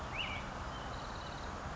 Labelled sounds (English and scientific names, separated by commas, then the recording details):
American Robin (Turdus migratorius)
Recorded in Sonoma County, California